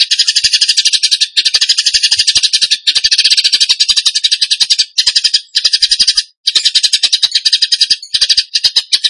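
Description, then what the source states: Bird song: loud, buzzy, rapid-fire rattling chatter in long bursts, broken by several short pauses of about a second or less. Masteran (training recording for songbirds) in the gacor tembakan song style.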